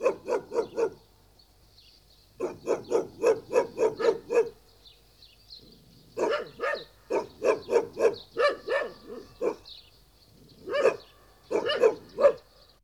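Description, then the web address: Coyote yipping in quick barking bursts, several groups of short yelps separated by brief pauses, with a faint higher whining tone in the background. "Sound Effects Factory: Coyote, Canis latrans"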